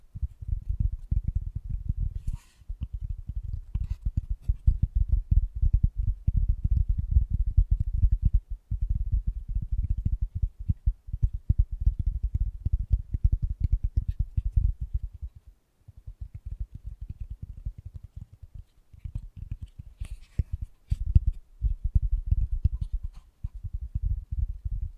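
Fast, gentle tapping runs in dense, rapid bursts, mostly low and soft with a muffled, thudding quality. Short pauses break the rhythm around 2, 8, 15 and 19 seconds, and occasional brighter clicks or scratches flick through the steady patter.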